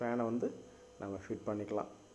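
A stock CPU cooler fan's plastic push-pin latches are placed in the four mounting holes of a Foxin H61 chipset motherboard, ready to be pushed down until they lock. Someone talks throughout, with a low steady hum underneath. Nothing has seated or clicked yet.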